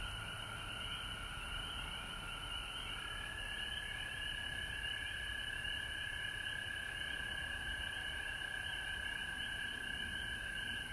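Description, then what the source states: Frogs in chorus: a long, even trill with repeated higher chirps above and faint hiss. Recorded at home in Georgia on March 19, 2020.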